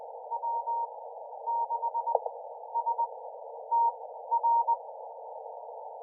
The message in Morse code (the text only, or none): W6STR